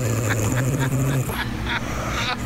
When she snores, it comes in threes. It sounds like a dog growling, and then a wet fart.